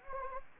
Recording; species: mosquito wingbeat signal from an infrared sensor; Anopheles gambiae